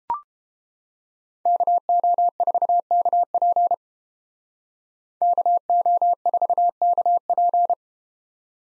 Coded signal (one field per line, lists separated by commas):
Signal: Morse code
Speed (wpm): 31 wpm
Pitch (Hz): 700 Hz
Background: none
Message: KO4KP KO4KP